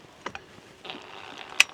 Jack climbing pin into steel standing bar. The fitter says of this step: And you only want to listen for that click